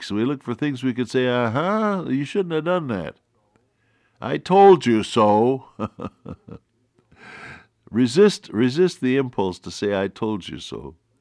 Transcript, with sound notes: We look for things we could say, “Ah-ha, you shouldn’t have done that, I told you so.” (Laughs) Resist, resist the impulse to say. “I told you so.”